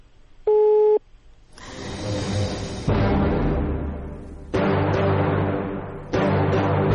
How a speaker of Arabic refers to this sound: الخط قطع.